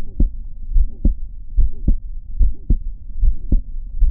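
A regular heartbeat at about 72 beats a minute, with sharp extra click-like sounds and a soft murmur between the main heart sounds. This fits mitral valve prolapse, where a floppy mitral valve snaps back during contraction.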